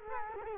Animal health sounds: mosquito wingbeat signal from an infrared sensor; Culex quinquefasciatus

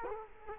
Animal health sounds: mosquito wingbeat signal from an infrared sensor; Culex quinquefasciatus

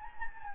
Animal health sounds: mosquito wingbeat signal from an infrared sensor; Anopheles gambiae

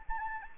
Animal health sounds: mosquito wingbeat signal from an infrared sensor; Anopheles arabiensis

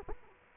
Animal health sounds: mosquito wingbeat signal from an infrared sensor; Culex quinquefasciatus

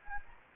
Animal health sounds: mosquito wingbeat signal from an infrared sensor; Anopheles gambiae

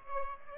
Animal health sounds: mosquito wingbeat signal from an infrared sensor; Aedes albopictus

